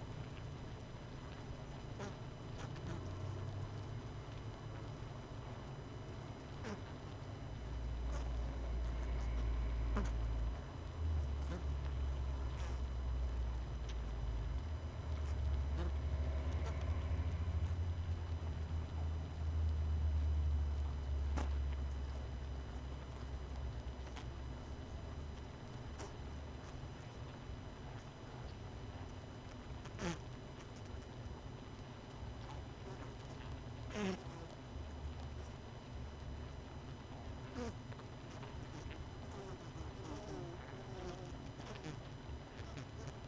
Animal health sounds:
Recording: honeybee colony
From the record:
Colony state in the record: missing queen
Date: 31 May 2018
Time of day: 19:47

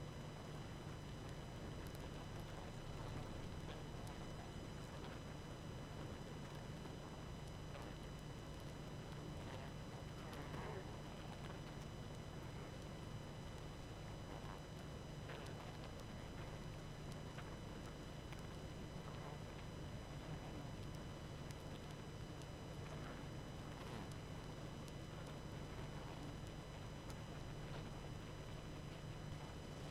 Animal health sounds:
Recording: honeybee colony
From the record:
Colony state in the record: active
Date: 12 June 2018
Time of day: 20:52

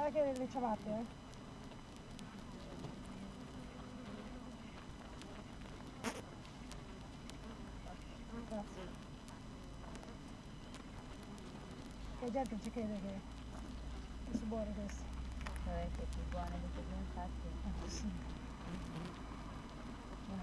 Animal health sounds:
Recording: honeybee colony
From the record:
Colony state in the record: active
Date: 12 June 2018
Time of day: 7:50

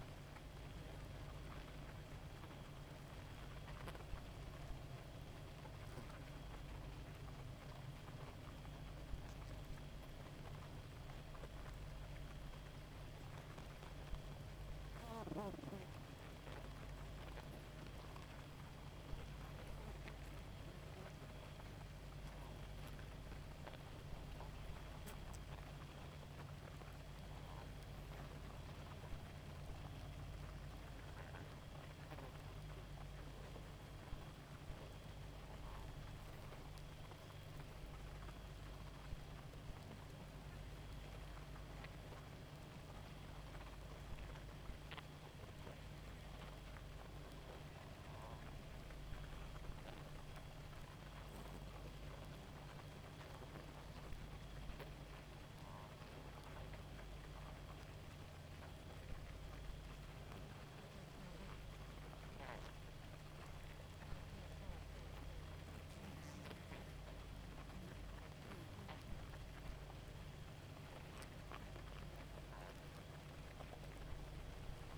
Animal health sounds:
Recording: honeybee colony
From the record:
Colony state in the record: active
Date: 28 July 2017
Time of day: 1:00

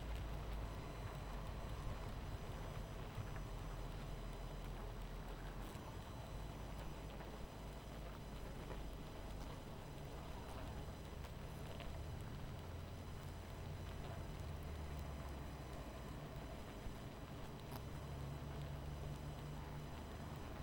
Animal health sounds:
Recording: honeybee colony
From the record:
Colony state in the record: missing queen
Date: 14 July 2017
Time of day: 23:40

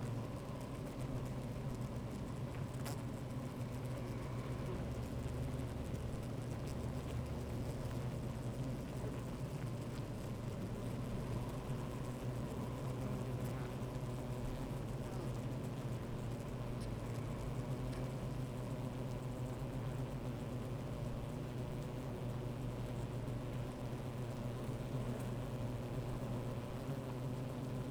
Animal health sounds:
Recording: honeybee colony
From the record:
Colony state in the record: active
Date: 28 July 2017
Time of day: 13:22

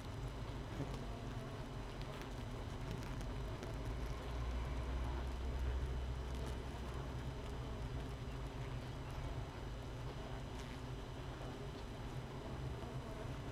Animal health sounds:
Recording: honeybee colony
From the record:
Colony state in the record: missing queen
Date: 31 May 2018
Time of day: 7:16

